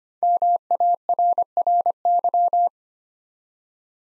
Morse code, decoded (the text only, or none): MARRY